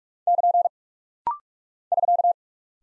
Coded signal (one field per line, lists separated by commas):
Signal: Morse code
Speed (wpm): 46 wpm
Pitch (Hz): 700 Hz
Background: none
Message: <KN> <SK>